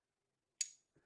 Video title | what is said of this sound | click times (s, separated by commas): 🧰 Walther PK380 Assembly Dissasembly | heard it go click and if you watch right here you see the barrel drop | 0.6 s